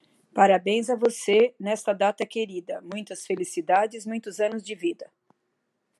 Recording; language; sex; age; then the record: short text; Brazilian Portuguese; female; 60 to 69 years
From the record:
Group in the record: control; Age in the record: 60 years